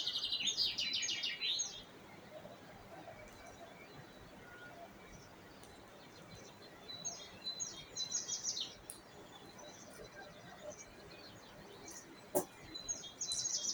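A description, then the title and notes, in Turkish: Bright, busy birdsong bursts at the start, near eight seconds and again at the end, over a steady rustling outdoor hiss with a sharp click near twelve seconds. Doğa Sesleri. Kuş Sesleri.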